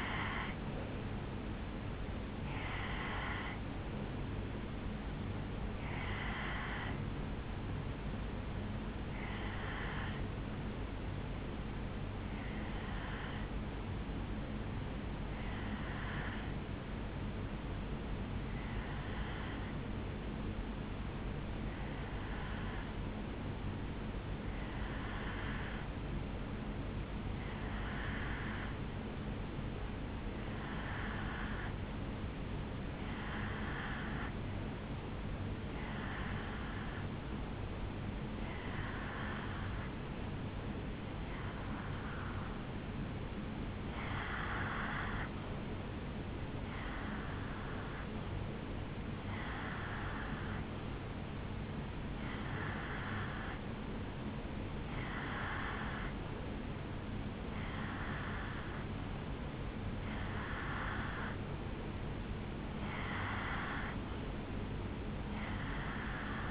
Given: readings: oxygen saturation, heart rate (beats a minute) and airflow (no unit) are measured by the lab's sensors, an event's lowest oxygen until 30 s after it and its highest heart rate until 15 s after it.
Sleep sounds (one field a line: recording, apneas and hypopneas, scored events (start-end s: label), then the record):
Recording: breathing in sleep by a voice recorder at the bedside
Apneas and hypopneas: 1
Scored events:
10.00-33.80 s: hypopnea (N1, oxygen 94% highest, then 88% lowest, heart rate 61 at the start, 75 highest)
15.00-66.51 s: new sleep stage, N2 (light sleep)
From the record:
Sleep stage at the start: N1 (lightest sleep)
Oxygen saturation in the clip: 88 to 94%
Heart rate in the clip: 56 to 76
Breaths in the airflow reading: 23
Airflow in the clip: -4.0 to 4.6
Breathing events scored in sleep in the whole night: 449 in 7.0 hours asleep